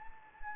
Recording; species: mosquito wingbeat signal from an infrared sensor; Anopheles gambiae